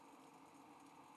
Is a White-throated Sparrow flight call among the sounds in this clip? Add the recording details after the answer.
no. No flight call is heard. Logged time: 04:49 on 5 December 2014